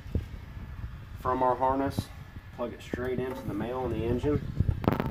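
Someone talks while handling the female eight-pin plug of a module harness, pushing it toward the male injection connector on the engine during a John Deere S670 JD2804F/JD2904 module installation. A faint tick is heard near the start and a couple of sharp ticks come at the very end. The clip ends before the part goes home, and nothing has seated or clicked yet.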